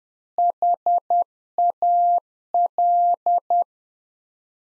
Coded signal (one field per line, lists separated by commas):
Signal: Morse code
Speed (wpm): 10 wpm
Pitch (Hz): 700 Hz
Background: none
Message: HAL